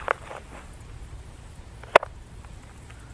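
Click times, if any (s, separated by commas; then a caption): 2.0 s. A handgun is pushed into a form-fitted Kydex chest holster and seats with a sharp snap at 1.9 s, followed by a faint after-click. A short tap sounds near the start, with low background noise throughout, and the pistol ends up retained in the holster.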